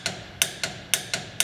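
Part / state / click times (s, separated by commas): click-type torque wrench on a wheel lug nut / torque reached / 0.4 s, 0.9 s, 1.4 s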